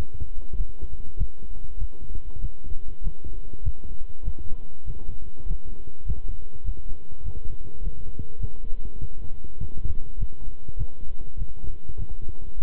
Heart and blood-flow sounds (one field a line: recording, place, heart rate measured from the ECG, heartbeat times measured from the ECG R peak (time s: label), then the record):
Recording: heart sounds by stethoscope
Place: between the tricuspid and mitral areas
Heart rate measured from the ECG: 100 bpm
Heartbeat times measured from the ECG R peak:
0.55 s: heartbeat
1.16 s: heartbeat
1.77 s: heartbeat
2.39 s: heartbeat
3.01 s: heartbeat
3.62 s: heartbeat
4.23 s: heartbeat
4.85 s: heartbeat
5.45 s: heartbeat
6.05 s: heartbeat
6.64 s: heartbeat
7.23 s: heartbeat
7.81 s: heartbeat
8.38 s: heartbeat
8.98 s: heartbeat
9.58 s: heartbeat
10.17 s: heartbeat
10.76 s: heartbeat
11.36 s: heartbeat
11.97 s: heartbeat
12.57 s: heartbeat
From the record:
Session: walking at 3.7 km/h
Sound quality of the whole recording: good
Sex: male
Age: 26 years